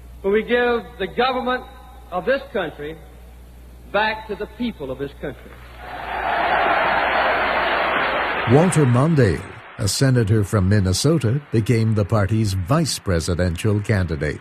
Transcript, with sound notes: when we give the government of this country back to the people of this country." [Cheering] Walter Mondale, a senator from Minnesota, became the party's vice presidential candidate.